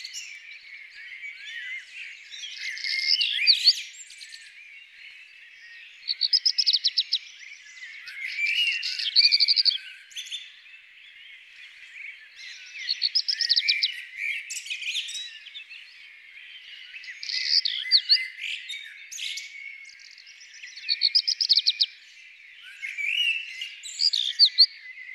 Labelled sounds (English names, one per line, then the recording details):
Black Redstart song
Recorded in the wild
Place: Freiburg im Breisgau / Lehen, Baden-Württemberg, DE
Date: 2002-04-21
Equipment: MiniDisc Sharp MT 20 H
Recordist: Schwarz, Dieter